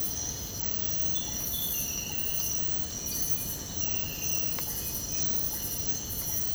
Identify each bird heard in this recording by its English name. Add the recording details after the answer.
none. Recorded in secondary vegetation near Puerto Asís, Putumayo, Colombia, on 19 February 2024 at 05:00. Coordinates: 0.468, -76.324. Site G6381